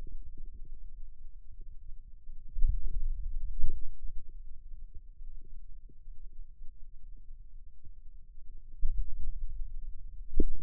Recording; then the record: forearm muscle sounds (acoustic myography)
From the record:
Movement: finger pinch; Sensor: system 2, bracelet of six BSWA MPA416 microphones around the upper forearm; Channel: 5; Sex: male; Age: 22 years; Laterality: right